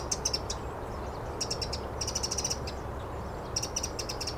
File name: Troglodytes troglodytes